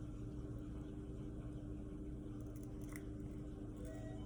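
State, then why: Not seated. While rebuilding a Penn International 955 fishing reel and replacing the idler gear and worm, a small metal internal gear-train part is worked into place inside the reel housing. Steady low hum and faint handling sounds are heard, with a brief sharp tick near 3.0 seconds. The part has not snapped into place or seated yet.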